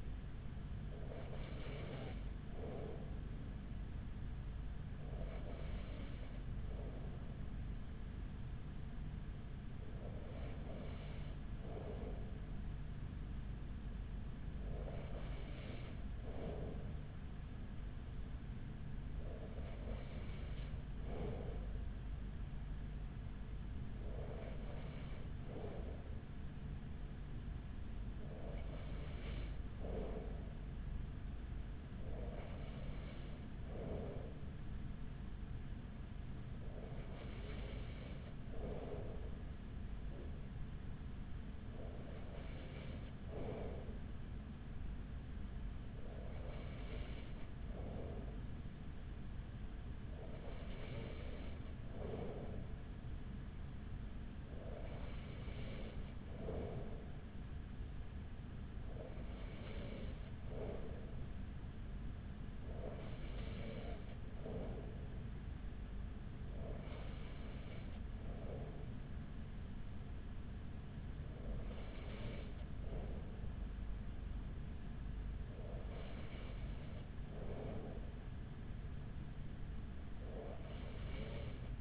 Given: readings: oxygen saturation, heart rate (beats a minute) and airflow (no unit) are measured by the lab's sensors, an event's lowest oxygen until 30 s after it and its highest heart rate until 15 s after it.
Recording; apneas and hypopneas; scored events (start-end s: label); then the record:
breathing in sleep by a smartphone at the bedside; none
34.00-81.81 s: new sleep stage, N3 (deep sleep)
From the record:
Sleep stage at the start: N2 (light sleep); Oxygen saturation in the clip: 94%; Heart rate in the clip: 42 to 45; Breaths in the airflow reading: 18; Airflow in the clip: -5.1 to 4.9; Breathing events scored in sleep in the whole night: 207 in 7.6 hours asleep